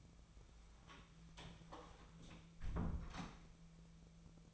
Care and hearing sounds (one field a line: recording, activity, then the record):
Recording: daily activity, microphone in the room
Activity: close door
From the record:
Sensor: 1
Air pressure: 1000.5 hPa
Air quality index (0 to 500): 184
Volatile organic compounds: 4 ppm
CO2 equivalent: 1696 ppm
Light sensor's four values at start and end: 11/28/11/13 and 11/27/11/13